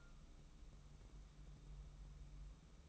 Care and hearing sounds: daily activity, microphone in the room; take from stove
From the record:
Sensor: 1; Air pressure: 994.4 hPa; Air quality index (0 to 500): 229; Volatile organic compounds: 1000 ppm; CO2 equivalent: 8259 ppm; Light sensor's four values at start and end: 140/323/144/158 and 141/323/144/158

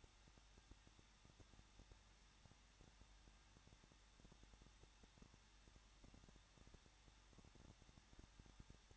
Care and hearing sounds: daily activity, microphone in the room; no activity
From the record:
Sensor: 3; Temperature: 21.2 degrees Celsius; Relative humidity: 36.3%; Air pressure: 1006.3 hPa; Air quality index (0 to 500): 222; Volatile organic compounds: 41 ppm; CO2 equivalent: 3167 ppm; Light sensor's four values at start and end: 2/3/2/2 and 2/3/2/2

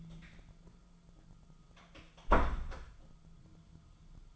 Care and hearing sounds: daily activity, microphone in the room; close door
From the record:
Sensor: 5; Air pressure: 1005.1 hPa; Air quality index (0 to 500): 96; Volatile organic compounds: 2 ppm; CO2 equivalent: 1165 ppm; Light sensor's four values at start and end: 35/81/32/31 and 35/81/32/31

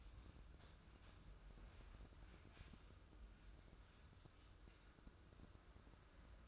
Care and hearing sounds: daily activity, microphone in the room; wipe stove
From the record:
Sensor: 2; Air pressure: 995.9 hPa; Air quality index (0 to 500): 90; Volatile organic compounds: 4 ppm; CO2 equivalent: 1638 ppm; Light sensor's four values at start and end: 22/73/28/26 and 22/73/28/26

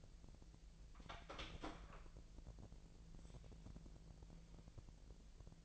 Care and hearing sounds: daily activity, microphone in the room; open door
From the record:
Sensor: 5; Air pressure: 1001.6 hPa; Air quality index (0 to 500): 249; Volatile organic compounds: 34 ppm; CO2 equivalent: 3042 ppm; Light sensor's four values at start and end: 39/90/36/36 and 37/86/34/33

